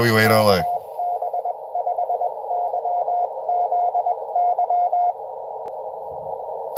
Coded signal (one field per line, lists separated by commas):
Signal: Morse code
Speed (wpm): 21 wpm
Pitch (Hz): 710 Hz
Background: speech, radio noise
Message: KB5YZY